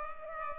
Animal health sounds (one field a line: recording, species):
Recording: mosquito wingbeat signal from an infrared sensor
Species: Culex pipiens